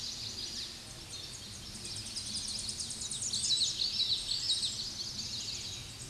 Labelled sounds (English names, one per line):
Common Yellowthroat song